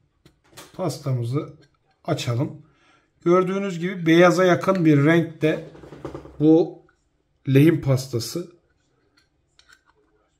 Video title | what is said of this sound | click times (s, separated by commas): HERŞEYE LEHİM TUTTURDUĞU İDDİA EDİLEN MÜKEMMEL LEHİM PASTASI - PROSKİT 8S005 | tersten kapağına benim diğer pastalarım gibi oturuyor mu Vallahi oturmuyor | none